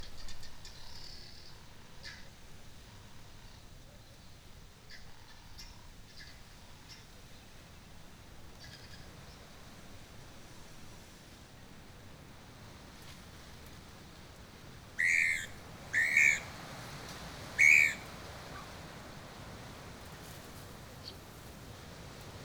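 Birds at Mmabolela Reserve in Limpopo, South Africa, over a steady low rumble of wind or background hum. Faint chirps and whistles dot the first half, then three loud, bright whistled calls ring out around fifteen to eighteen seconds before the scene settles again.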